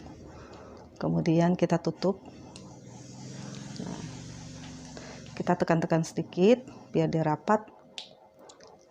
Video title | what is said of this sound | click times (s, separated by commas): Tutorial cara menggunakan compatible holder mesin cutting sticker Silhouette Cameo 4 dan Cameo Plus | sampai penguncinya ini terkunci dengan baik | 8.0 s